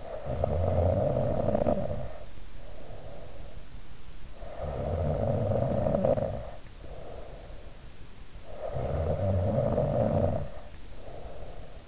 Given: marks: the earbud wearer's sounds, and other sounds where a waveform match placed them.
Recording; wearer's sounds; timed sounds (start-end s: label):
sounds in sleep by an in-ear microphone; snoring breath
0.00-3.59 s: snoring breath
4.28-7.82 s: snoring breath
8.28-11.88 s: snoring breath